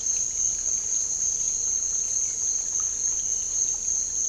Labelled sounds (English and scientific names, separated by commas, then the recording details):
none
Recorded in dense forest near Puerto Asís, Putumayo, Colombia, on 9 March 2025 at 07:00
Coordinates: 0.467, -76.328
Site G041